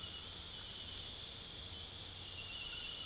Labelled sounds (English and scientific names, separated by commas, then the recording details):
none
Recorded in pastures near Puerto Asís, Putumayo, Colombia, on 4 March 2025 at 01:00
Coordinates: 0.497, -76.327
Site G072